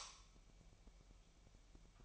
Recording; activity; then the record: daily activity, microphone in the room; light off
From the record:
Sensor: 1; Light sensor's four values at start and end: 14/46/18/19 and 5/11/4/5